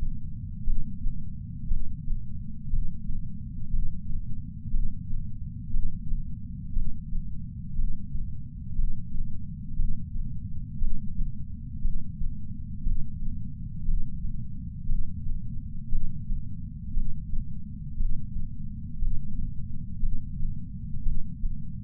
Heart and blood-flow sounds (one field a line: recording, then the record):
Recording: heart sounds by patch sensor on the chest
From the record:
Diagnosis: coronary artery disease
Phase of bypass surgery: preoperative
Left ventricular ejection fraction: 61.7%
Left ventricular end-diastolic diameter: 51 mm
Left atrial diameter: 34 mm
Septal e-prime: 7.2 cm/s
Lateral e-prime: 9.6 cm/s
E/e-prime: 6.5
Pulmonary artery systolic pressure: 19 mmHg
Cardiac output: 4.98 L/min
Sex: male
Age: 62 years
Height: 172 cm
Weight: 60 kg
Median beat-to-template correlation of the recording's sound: 0.89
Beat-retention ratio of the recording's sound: 1.00